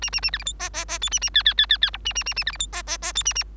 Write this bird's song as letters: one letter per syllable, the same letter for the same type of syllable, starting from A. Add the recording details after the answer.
A A A B C D E E E F A A G G G G G H A A A A B C D E E E F A A. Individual Bird3